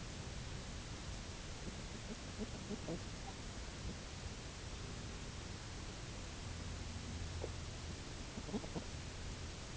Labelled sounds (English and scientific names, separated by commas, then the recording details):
Spectacled Eider (Somateria fischeri), unidentified sound
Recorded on Arctic tundra, site UTQI-0, on 11 June 2019
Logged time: 06:00